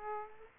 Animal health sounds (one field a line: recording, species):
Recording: mosquito wingbeat signal from an infrared sensor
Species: Aedes aegypti